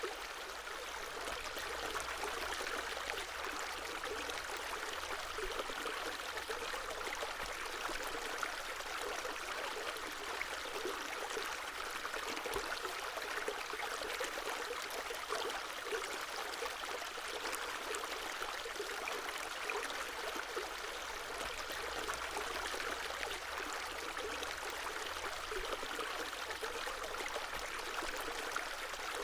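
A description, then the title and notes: A stream flows steadily and evenly throughout, a dense bright trickle and babble with a faint low hum underneath, unchanging. Soft & Soothing Flowing Water Stream Ambience.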